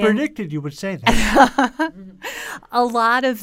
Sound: laughter